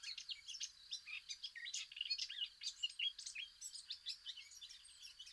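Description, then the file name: Eurasian blackcap giving a dense, rapid warble of high, varied chirps and twittering notes running without pause. "Sylvia atricapilla"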